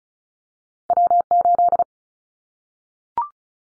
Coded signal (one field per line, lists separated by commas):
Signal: Morse code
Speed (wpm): 34 wpm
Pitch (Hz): 700 Hz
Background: none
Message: W8